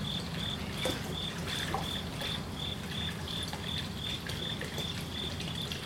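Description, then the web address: Cricket chirping in a steady stream of short, quick pulses over trickling water and a low background rumble. Crickets at a koi pond. "lynne-publishing Koi Pond With Crickets"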